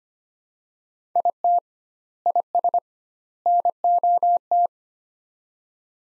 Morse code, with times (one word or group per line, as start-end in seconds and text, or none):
1.2-1.6 IT
2.3-2.8 IS
3.5-4.7 NOT